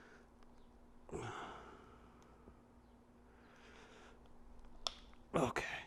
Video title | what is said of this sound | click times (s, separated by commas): Burromax gets a BELT DRIVE conversion! | there we go I don't know if you guys heard that click but you really have to apply a good amount of pressure | 4.9 s